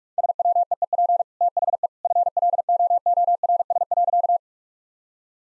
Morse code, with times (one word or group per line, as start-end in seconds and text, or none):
0.2-1.2 SWEEP
1.4-1.9 THE
2.0-4.4 FLOORS.